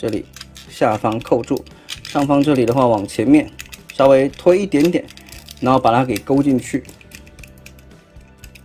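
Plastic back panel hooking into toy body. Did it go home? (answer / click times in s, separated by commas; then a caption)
yes / 7.7 s. While someone talks, the plastic upper back panel of a Transformers Revenge of the Fallen Deluxe Mudflap toy is pushed slightly forward and hooked into the toy body during transformation. A cluster of small plastic clicks follows, and the backpack part clicks into place at 7.7 s, seated very stable and solid.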